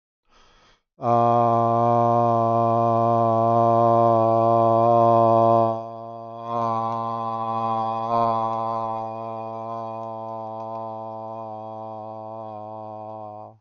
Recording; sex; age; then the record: vowel held as long as possible; male; 30 to 39 years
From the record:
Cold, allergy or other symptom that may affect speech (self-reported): no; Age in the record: 37 years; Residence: California, United States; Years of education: 16